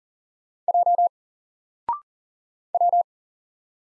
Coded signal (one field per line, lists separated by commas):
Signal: Morse code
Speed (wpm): 40 wpm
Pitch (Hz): 700 Hz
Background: none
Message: J W